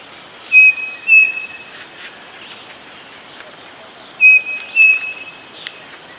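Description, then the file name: Bird sings two paired, even-pitched whistles, each pair rising slightly on the second note, the pairs about four seconds apart, with a faint click. "SABIOD 50 bird 2015"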